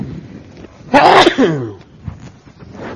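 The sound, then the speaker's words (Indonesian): A single loud sneeze bursts out sharply and trails off with a falling, breathy tail, followed by quiet low background murmur. “Yahdikumullah wa yuslihu balakum.”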